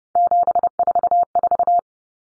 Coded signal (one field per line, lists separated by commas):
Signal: Morse code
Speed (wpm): 30 wpm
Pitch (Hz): 700 Hz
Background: none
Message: 744